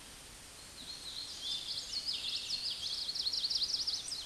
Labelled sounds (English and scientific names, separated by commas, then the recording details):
Common Yellowthroat (Geothlypis trichas) song
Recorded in a Pennsylvania forest on 16 May 2024 at 09:56
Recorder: AudioMoth, point MSD-2417
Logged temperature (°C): 16.4 °C
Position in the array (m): 90 m, 94 m